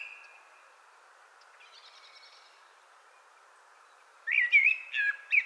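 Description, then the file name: Common blackbird song: one brief phrase of warbled whistles, arriving after a long quiet stretch. "Turdus merula"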